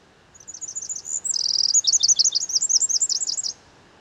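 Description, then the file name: Eurasian wren song: a fast, high-pitched burst of tinkling notes with a dry rattling trill in the middle, lasting about three seconds and ending abruptly. "Troglodytes troglodytes"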